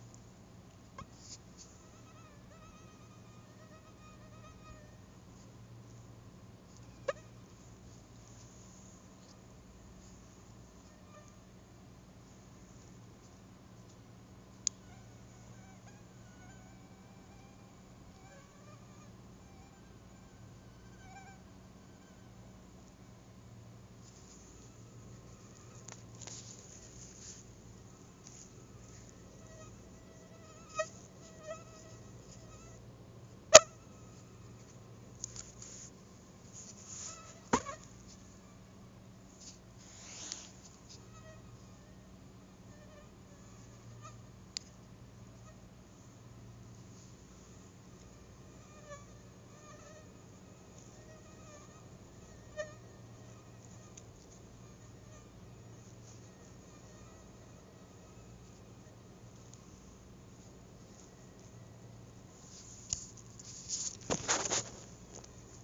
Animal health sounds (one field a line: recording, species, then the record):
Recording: mosquito flight sound by mobile phone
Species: Anopheles stephensi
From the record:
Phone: Google Nexus